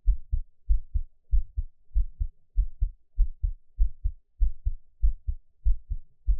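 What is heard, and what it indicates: Regular paired low thumps (lub-dub) at about 100 beats a minute, clean and close, with no talking or other sounds. This is an adult's own heartbeat, recorded up close as Taiwanese ASMR and best heard on headphones.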